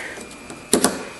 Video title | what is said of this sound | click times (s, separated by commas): Fuel Pump Replacement 1994-2004 Ford Mustang | one just put just pushes right in here you'll hear a snap the | 0.7 s, 0.8 s